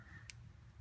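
A threaded retaining cap on a door lock cylinder, turned clockwise until tight and then backed off counterclockwise, clicks into the detent impressions around the cap. A single sharp, bright click is heard at 0.3 s over a low background hum, and the cap seats in its detent. No one speaks.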